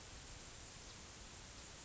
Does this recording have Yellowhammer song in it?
no